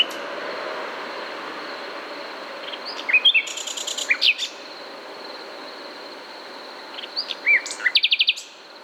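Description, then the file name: Common nightingale song phrases of swept whistles and clipped notes, ending in a fast run of repeated notes, over a steady high-pitched hum. "Luscinia megarhynchos"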